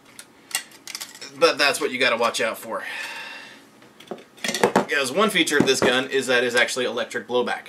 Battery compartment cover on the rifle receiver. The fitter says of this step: that pops off